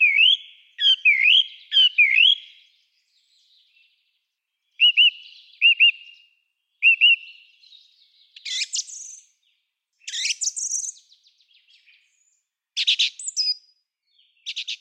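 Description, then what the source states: Song thrush song: clear whistled phrases, several repeated two or three times before a new motif, including high, sharp, scratchy notes, with brief pauses between phrases. Clear, melodic motifs repeated two to five times before the next; up to 70 motifs, including imitations of other birds; audible in early March; sings from tops of mid-height trees or bushes.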